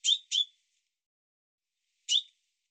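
Bird giving a quick pair of high, sharp chirps, then a pause of over a second before one more matching note.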